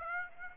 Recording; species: mosquito wingbeat signal from an infrared sensor; Aedes aegypti